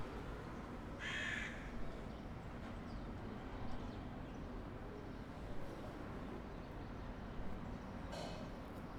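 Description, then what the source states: Crow giving a harsh caw near the start and another fainter caw near the end, over a steady low rumble of traffic. Crows in a street with cars, in a quiet setting.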